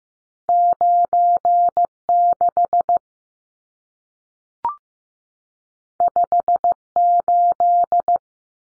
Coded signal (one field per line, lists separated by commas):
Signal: Morse code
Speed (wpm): 15 wpm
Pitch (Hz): 700 Hz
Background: none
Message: 96 58